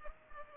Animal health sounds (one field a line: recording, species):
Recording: mosquito wingbeat signal from an infrared sensor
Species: Culex pipiens